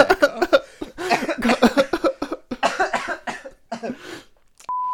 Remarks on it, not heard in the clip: I'm coughing. The mistake I made initially was drinking water.